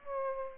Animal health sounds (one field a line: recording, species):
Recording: mosquito wingbeat signal from an infrared sensor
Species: Aedes aegypti